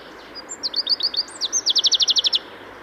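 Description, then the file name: Common chaffinch song: a quick series of bright high notes, then a rapid trill of repeated notes, clear over a soft background hiss. "Fringilla coelebs"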